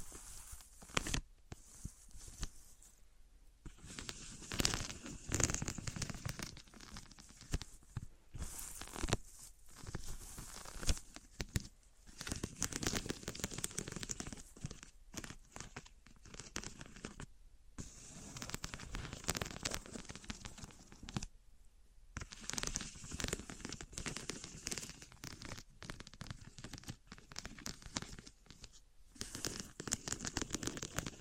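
Objects of wood, cork, sponge, foam, glass and plastic are handled in turn, giving dense bursts of crackly, crinkling scratches and rubbing. The bright, hissy sounds run in stretches of several seconds, broken by short silent gaps around 3, 10, 17 and 21 seconds.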